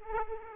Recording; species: mosquito wingbeat signal from an infrared sensor; Aedes aegypti